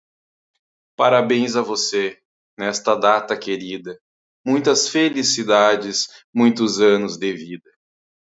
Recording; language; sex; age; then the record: short text; Brazilian Portuguese; female; 30 to 39 years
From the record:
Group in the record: control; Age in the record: 35 years